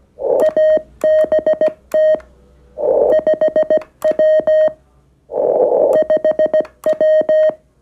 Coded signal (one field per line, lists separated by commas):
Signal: Morse code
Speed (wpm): 16 wpm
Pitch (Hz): 620 Hz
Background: none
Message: ABT 5W 5W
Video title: QRP CW Ramadhan 2024 dengan radio mungil SW-3B